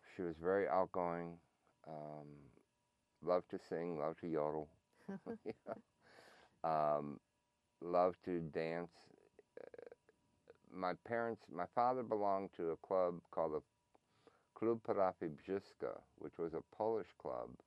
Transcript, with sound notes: She was very outgoing. Loved to sing, loved to yodel [both laugh] loved to dance. My parents – my father belonged to a club called Parafi Brzszyka which was a Polish club